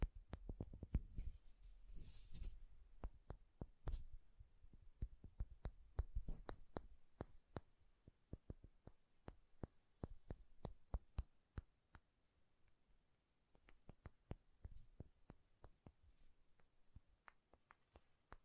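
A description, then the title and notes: Soft, bassy tapping goes on throughout, with quick irregular taps coming in uneven bursts and short pauses. The first few seconds are denser and thumpier, with a faint brighter rustle around two seconds, while later taps grow lighter and sparser. ASMR Bassy and Soft Tapping Sounds.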